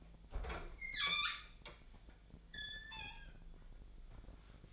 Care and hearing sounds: daily activity, microphone in the room; open fridge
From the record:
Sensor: 5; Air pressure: 1009.8 hPa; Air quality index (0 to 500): 163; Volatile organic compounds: 4 ppm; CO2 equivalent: 1582 ppm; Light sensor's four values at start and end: 117/301/125/133 and 119/305/127/136

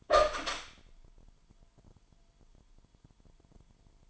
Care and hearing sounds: daily activity, microphone in the room; open door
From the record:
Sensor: 5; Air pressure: 998.5 hPa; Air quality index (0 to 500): 81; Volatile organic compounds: 1 ppm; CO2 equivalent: 928 ppm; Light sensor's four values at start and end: 33/81/33/37 and 33/82/34/37

